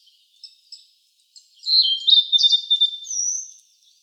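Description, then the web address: Blue-and-white flycatcher song: a single phrase of clear whistled notes slurring downward, then a rapid warbled run ending in a thin high note; a few soft notes before. Recorded 6 May 2014. "birdenaga ooruri"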